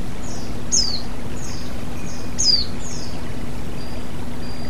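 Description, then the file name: White-eye song: high, thin, falling whistled notes in short phrases repeated several times, over steady low background noise. Female bird; nature therapy recording. "terapi alam pleci betina"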